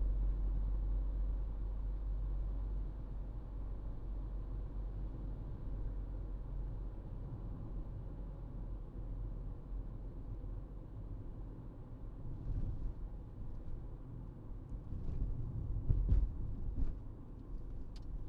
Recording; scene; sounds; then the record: everyday scene through a hearing-aid microphone; in a vehicle; engine, highway driving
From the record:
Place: Berlingo II, diesel engine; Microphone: in the ear canal, right